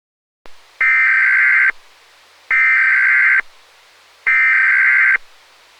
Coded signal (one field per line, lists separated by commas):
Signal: Emergency Alert System (SAME) tones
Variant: header bursts